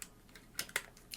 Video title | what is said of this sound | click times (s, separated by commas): Transforming "Eastern Exotica" Review #220 Tobot V3 03 Jet Thunder | you go like that and then it sort of clicks into place but | 0.8 s